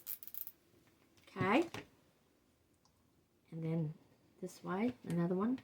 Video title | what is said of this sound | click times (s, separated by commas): How I Learned to Make This Patriotic Daisy Petal Wreath | I just pull it till I hear that it's latched. | 0.2 s, 0.3 s, 0.4 s, 0.5 s